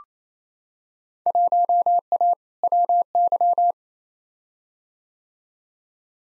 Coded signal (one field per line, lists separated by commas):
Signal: Morse code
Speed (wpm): 28 wpm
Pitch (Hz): 700 Hz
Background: none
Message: 1A WY